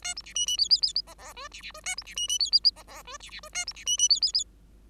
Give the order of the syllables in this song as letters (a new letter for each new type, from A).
A B C D D E E E F F G C C G A B C D D E E F F G C C G A B C D D E E E